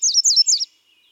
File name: Setophaga ruticilla - American Redstart